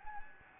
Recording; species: mosquito wingbeat signal from an infrared sensor; Anopheles gambiae